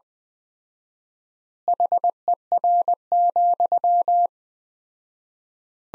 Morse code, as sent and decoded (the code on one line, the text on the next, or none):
.... . .-. --..--
HER,